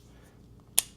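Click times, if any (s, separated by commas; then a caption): 0.8 s. A spring tab is pushed in on a fiberglass chimney-brush rod coupling, and it snaps onto the drill adapter piece, clicking in rather than threading. A faint tick comes at 0.6 s, then a sharp, bright click at 0.8 s as the coupling locks into place. No one talks.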